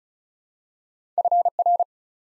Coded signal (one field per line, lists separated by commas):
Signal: Morse code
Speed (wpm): 36 wpm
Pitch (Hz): 700 Hz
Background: none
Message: FR